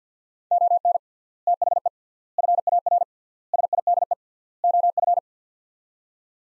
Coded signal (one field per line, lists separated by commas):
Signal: Morse code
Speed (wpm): 50 wpm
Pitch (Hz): 700 Hz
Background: none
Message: ON THE FAR SIDE OF